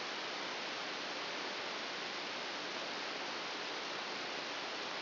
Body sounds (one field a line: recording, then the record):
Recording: brain microelectrode recording played as sound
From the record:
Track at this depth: inside the subthalamic nucleus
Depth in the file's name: 1.405 mm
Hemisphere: right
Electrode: 2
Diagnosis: Parkinson's disease